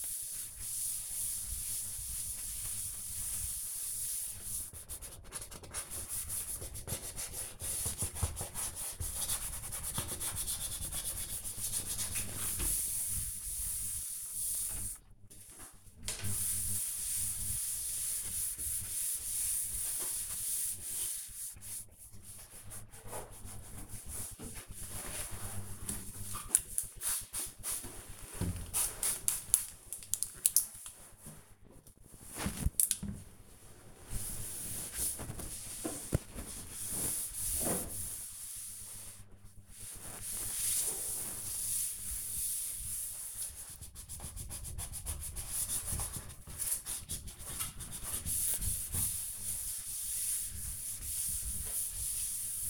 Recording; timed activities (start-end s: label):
household activities, microphone on the right wrist
0.00-52.70 s: cleaning door